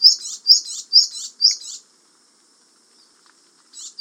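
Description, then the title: Japanese tit giving a quick run of four high, bright double chirps, then silence, and another chirp beginning at the very end. "suara burung gelatik batu jepang"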